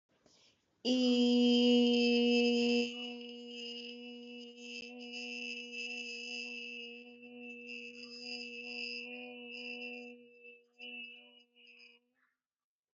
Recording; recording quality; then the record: sustained vowel as in beet; excellent, no background noise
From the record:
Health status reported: healthy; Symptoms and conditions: none ticked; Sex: female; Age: 20 years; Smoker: not ticked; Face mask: not worn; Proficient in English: yes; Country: India